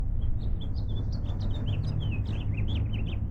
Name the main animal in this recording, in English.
House Finch